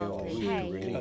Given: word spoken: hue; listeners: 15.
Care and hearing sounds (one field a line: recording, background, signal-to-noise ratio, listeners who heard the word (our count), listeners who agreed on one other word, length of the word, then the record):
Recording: one English word in noise, from a listening test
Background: four-talker babble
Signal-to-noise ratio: -1.4 dB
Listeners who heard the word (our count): 0 of 15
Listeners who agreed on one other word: 7 of 15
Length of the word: 0.61 s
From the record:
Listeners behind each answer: 7, 3, 2, 1, 1, 1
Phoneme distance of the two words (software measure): 27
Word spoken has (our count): 1 syllable, 3 phonemes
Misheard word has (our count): 1 syllable, 2 phonemes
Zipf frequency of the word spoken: 3.08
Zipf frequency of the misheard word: 5.40